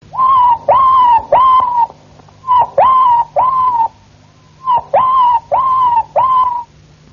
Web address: canarios cantoharz